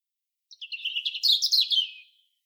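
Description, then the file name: European robin giving a brief, high, liquid warble of rapid tumbling notes that builds then fades away. "Erithacus rubecula"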